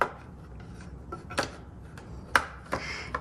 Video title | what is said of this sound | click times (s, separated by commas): Adler J5 Typing Demo | and make sure it's all the way in that happens to be every once in a while i'll put it in and i don't wait to hear it snap | 2.4 s